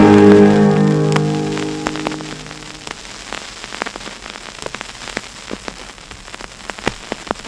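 Vinyl record surface crackle from an old record played on air: scattered sharp clicks and pops over a soft hiss, following the fading tail of music as the record ends, then continuing alone and steady with no one speaking.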